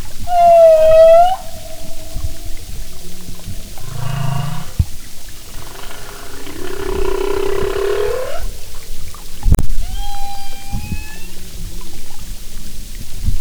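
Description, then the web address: Humpback whale calls: a loud tonal moan, then a low grunt, a long sweeping rising cry, and a short higher whistle-like unit, with low rumbling and a sharp click in the background. "Sound and Marine Mammals humpback"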